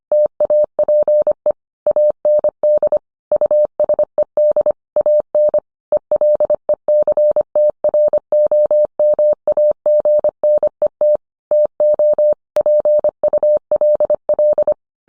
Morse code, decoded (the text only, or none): TAPE AND USED AN ELECTROMAGNET TO PULL